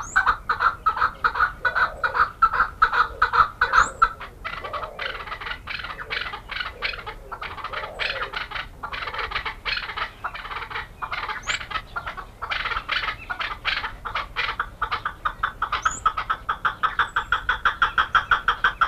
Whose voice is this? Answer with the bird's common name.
Rock Partridge